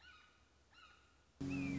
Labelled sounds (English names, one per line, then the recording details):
Red-shouldered Hawk
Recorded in Sonoma County, California